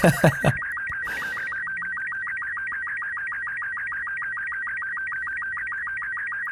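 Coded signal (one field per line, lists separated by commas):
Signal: SSTV (slow-scan television)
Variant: Robot 36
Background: speech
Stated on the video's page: Heard in the puzzle game Phonopath.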